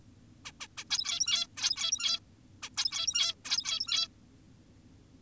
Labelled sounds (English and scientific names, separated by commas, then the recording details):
Zebra Finch (Taeniopygia guttata)
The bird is an adult
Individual g17y2U